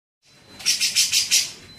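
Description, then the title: Grey-cheeked bulbul song: a short quick series of harsh, buzzy chattering notes over a faint steady high tone. Training song (masteran) for songbirds. "MASTERAN CUCAK JENGGOT"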